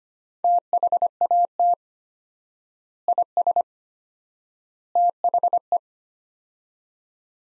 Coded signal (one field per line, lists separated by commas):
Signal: Morse code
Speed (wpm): 25 wpm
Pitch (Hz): 700 Hz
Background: none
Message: THAT IS THE